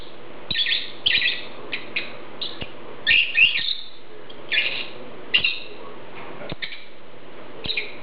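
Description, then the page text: Lovebird calls, scratchy high chirps in short clusters separated by brief pauses, a faint hum and scattered clicks behind. "Попугай неразлучник - Голос"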